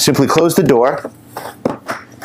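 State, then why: Seated. Someone talks as the plastic battery compartment door on a snow blower housing is closed over the installed battery. A sharp click is heard at 1.7 seconds as the door latch clicks shut, seating the door.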